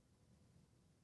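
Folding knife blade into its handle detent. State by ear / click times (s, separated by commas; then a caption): not seated / none. A folding Yeager V3 knife with a frag pattern is handled as its blade is brought toward the detent in the handle. Only a steady low rumble and faint broadband hiss are heard, with no sharp transients. Nothing has seated or clicked yet in this clip.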